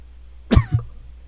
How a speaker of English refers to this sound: I'm sorry, my friend is coughing. He has some allergies.